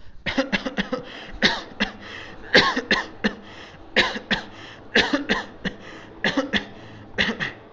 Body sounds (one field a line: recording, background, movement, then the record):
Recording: voluntary coughing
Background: traffic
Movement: sitting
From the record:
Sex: male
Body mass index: 22.0 kg/m2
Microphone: on the chest, facing outward